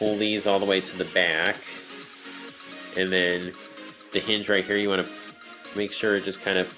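A plastic hinge joint on a Transformers Thrilling 30 Voyager Rhinox robot toy is being handled during its transformation, with parts pulled all the way to the back before the hinge is pushed. Someone talks over background music, with faint handling sounds. The hinge has not yet popped into place, and nothing has seated or clicked.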